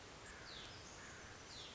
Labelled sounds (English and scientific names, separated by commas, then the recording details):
Hutton's Vireo (Vireo huttoni)
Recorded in Sonoma County, California